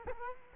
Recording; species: mosquito wingbeat signal from an infrared sensor; Culex quinquefasciatus